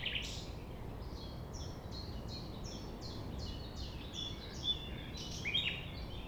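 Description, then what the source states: Common nightingale song: a run of repeated clear notes ending in sharper flourishes, over a continuous low rumble. Recorded at 6 a.m. at sunrise near the Thève river at Champ de Ménage; the nightingale sings without waiting for silence.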